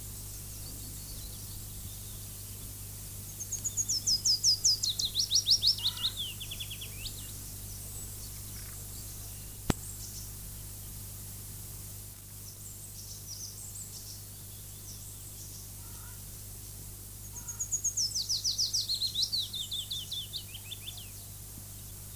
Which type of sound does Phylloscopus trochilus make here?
song